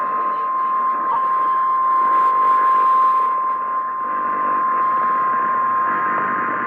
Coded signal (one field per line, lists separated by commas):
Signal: Emergency Alert System (SAME) tones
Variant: 1050 Hz attention tone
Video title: BILLY MAYS: BUT I'M NOT DONE YET!! EAS Alerts from 3/28/20 - 3/29/20 (EAS #3,839 - 3,850)